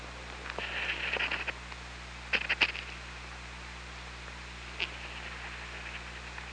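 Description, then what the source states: Killer whale click trains, bursts of rapid clicks clustered early and again midway, over steady low underwater hum. OrcaLab hydrophone at Parson Island, 24 August 2017, 21:32.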